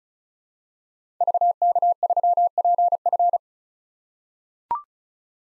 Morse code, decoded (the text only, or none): VK3PF